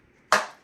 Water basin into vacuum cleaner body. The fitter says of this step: when it's on the floor you just take your hand here you push it down slow and steady you don't make a little click